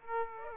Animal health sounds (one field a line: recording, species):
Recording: mosquito wingbeat signal from an infrared sensor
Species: Aedes aegypti